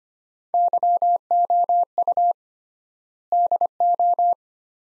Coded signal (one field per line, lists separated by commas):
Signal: Morse code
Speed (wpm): 25 wpm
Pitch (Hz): 700 Hz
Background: none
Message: YOU DO